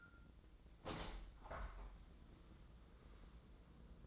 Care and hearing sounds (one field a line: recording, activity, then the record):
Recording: daily activity, microphone in the room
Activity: open window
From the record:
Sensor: 3